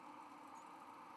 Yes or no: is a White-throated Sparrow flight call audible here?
no